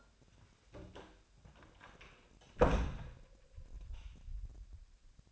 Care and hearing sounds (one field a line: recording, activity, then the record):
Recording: daily activity, microphone in the room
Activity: close door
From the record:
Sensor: 2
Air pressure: 1007.0 hPa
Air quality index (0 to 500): 193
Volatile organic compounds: 12 ppm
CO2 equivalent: 2367 ppm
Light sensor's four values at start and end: 10/23/10/10 and 9/23/9/10